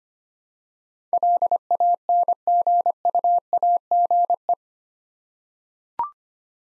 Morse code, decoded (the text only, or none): LANGUAGE